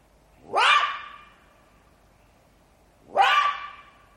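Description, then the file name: Jackal with a pair of loud, grating cries about two and a half seconds apart, each tailing off into an even, sustained tone. "zvuki shakala"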